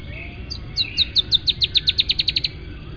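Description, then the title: Dusky-tailed antbird song, a series of about fourteen high notes that speed up toward the end, lasting about two seconds. "LuckyPassaro Completos2Sama. Dusky-tailed Antbird (Drymophila malura)"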